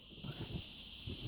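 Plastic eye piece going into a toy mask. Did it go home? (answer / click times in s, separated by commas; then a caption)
no / none. A small plastic building-toy eye piece is worked into a toy mask from different angles, since it is tricky to seat. Low, soft handling thumps and rustles are heard over a steady background hiss. The piece is still being lined up, and nothing has seated or clicked yet.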